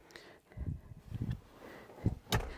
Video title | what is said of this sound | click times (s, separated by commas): 2024 GMC Sierra 1500 Elevation 4x4 W/ X31 Thunder Storm Grey & Duramax 3.0L Diesel Engine Overview | this locks into place it does have a full shoulder belt this isn't the most comfortable seat but | 2.3 s